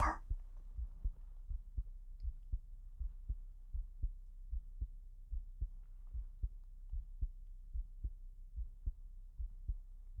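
An adult's heartbeat heard close up, with steady, regular, low thumping beats.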